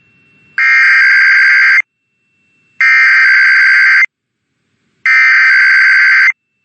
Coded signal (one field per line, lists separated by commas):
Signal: Emergency Alert System (SAME) tones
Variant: header bursts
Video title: Another Round of IPAWS Tests (EAS #619-628) 8/19/24